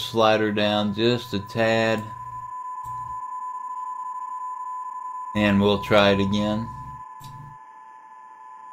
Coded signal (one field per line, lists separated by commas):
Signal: PSK31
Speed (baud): 31.25 baud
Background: speech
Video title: Icom 7300 EASY Transmit Settings For Digital Operation